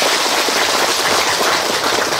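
Dense, steady applause from a crowd honoring the Buddhist nuns, a continuous crackling wash of many hands clapping at once, loud and even throughout with no voices over it.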